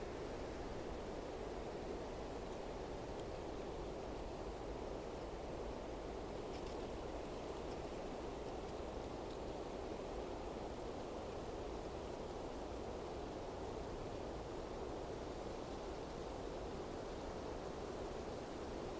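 Wind rushes steadily through trees, a dense, even roar weighted toward the low end with a softer hiss above. It holds constant for the whole stretch with no distinct calls or events standing out, only slight swells in the gusting.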